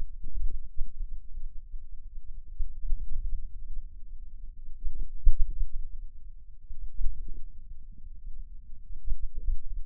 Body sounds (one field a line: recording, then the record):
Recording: forearm muscle sounds (acoustic myography)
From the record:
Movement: hand opening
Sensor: system 2, bracelet of six BSWA MPA416 microphones around the upper forearm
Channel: 5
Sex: male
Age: 22 years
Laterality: right